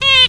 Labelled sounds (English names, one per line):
Zebra Finch distance call